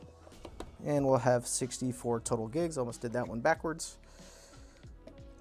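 A memory stick is pressed into a motherboard DIMM slot, and two short clicks at 0.4 and 0.6 seconds are the side retention clips latching. Someone then talks about bringing the system to 64 GB total and nearly installing that stick backwards. The module is seated.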